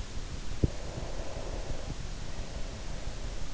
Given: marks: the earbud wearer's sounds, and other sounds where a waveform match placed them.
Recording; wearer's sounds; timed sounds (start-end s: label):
sounds in sleep by an in-ear microphone; breath
0.47-3.07 s: breath